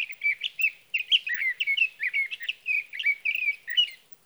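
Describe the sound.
Sage thrasher song, an unbroken stream of quick warbled and slurred phrases, fluctuating in pitch and tapering off at the end; no other sounds.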